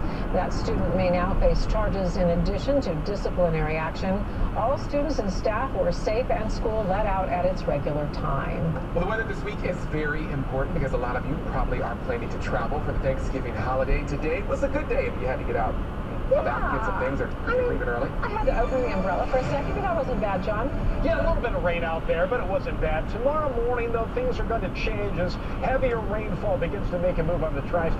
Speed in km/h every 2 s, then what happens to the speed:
74, 72, 72, 72, 71, 71, 72, 72, 77, 77, 76, 74, 74, 74.
0-28 steady at about 72.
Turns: none.